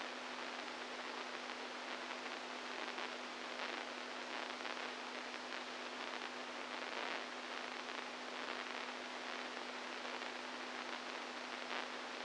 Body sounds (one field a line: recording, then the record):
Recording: brain microelectrode recording played as sound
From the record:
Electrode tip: inside the subthalamic nucleus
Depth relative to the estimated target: -3 mm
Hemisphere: right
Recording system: NeuroSet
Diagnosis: Parkinson's disease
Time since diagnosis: 10 years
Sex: male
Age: 65 years